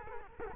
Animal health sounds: mosquito wingbeat signal from an infrared sensor; Culex quinquefasciatus

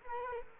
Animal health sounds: mosquito wingbeat signal from an infrared sensor; Culex quinquefasciatus

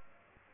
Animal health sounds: mosquito wingbeat signal from an infrared sensor; Aedes aegypti

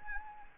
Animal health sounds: mosquito wingbeat signal from an infrared sensor; Anopheles gambiae

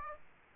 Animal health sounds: mosquito wingbeat signal from an infrared sensor; Aedes aegypti

